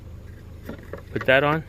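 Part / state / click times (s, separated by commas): plastic trim cover onto car tail light housing area / not seated / none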